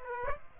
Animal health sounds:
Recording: mosquito wingbeat signal from an infrared sensor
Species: Aedes aegypti

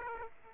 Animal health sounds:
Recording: mosquito wingbeat signal from an infrared sensor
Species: Aedes aegypti

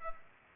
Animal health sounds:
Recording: mosquito wingbeat signal from an infrared sensor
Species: Culex pipiens

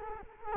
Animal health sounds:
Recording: mosquito wingbeat signal from an infrared sensor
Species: Culex quinquefasciatus

